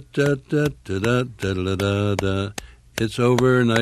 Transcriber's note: clapping drumbeat